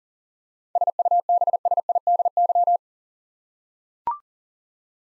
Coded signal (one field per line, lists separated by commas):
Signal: Morse code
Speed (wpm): 40 wpm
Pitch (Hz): 700 Hz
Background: none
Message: SUBSIDY